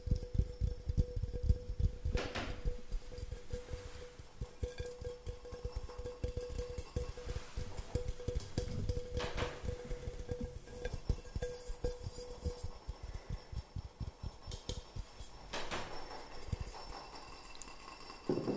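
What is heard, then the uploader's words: Dense, rapid tapping runs throughout in quick, uneven bursts, mostly low and dull with some brighter clicks. A steady mid-pitched tone hums beneath it until about 12 seconds. Sharper rustling swells stand out near 2, 9 and 15 seconds. Tapping Overload.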